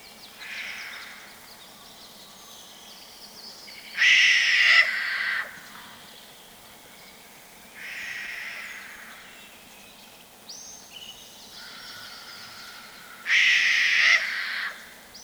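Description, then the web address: Steller's jay calls: harsh, raspy screeches in separate bursts every few seconds, some louder and longer than others, with low steady background noise. Communication calls exchanged between Steller's jays. "son de communication entre les pies bleues de steller"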